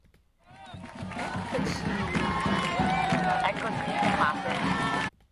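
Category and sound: crowd, applause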